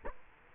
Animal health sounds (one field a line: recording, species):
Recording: mosquito wingbeat signal from an infrared sensor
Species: Culex quinquefasciatus